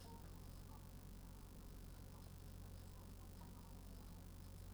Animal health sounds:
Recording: poultry house recording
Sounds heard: healthy chickens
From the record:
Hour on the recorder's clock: 18

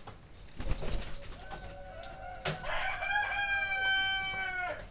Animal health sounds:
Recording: poultry house recording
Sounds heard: healthy chickens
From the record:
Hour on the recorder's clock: 23

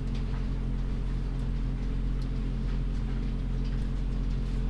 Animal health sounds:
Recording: poultry house recording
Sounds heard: sick chickens (respiratory disease)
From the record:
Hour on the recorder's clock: 2

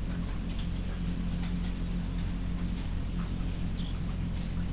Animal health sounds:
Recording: poultry house recording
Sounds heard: sick chickens (respiratory disease)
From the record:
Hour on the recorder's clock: 20

